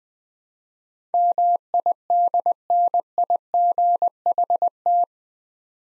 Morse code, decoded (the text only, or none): MIDNIGHT